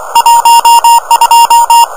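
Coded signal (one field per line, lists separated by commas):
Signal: Morse code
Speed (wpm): 24 wpm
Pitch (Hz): 930 Hz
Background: none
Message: 12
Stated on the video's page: CW contact on 18.093 MHz with a 599 report, worked from an amateur station in Thailand.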